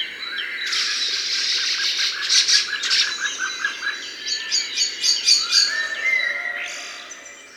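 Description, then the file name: Common blackbird calls: loud harsh squawking chatter, bursts repeated about twice a second, ending in a thinner high note. "Turdus merula"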